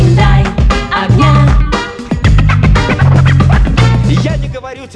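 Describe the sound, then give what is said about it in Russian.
Loud, dense music plays from a reel-to-reel magnetic tape on a Jupiter tape recorder, with a steady driving beat, strong bass and bright harmonic layers filling the whole clip without pause. “звучит катушечка вот так вот в нашем радиоэфире.”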